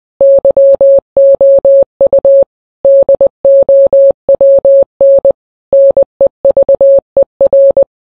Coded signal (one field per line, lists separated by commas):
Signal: Morse code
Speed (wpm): 20 wpm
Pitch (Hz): 550 Hz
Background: none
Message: YOU DOWN NEVER